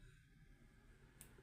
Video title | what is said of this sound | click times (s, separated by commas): Net blouse v silk saree कशी pin up करायची 👍#Short | ते इतकं छान लॉक होतं ना, आणि आतमध्ये टोचत पण नाही आहे. | 1.2 s